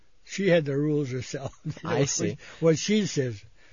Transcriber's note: he laughs